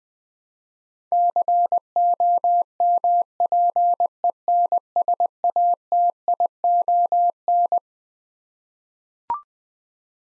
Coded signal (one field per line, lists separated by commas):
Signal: Morse code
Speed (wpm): 21 wpm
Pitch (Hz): 700 Hz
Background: none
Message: COMPENSATION